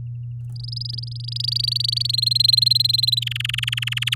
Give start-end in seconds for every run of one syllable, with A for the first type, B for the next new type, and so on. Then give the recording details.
0.55-2.11 A, 2.13-3.20 B, 3.21-4.15 C. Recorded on 9 May 2018 at 07:32. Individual llb16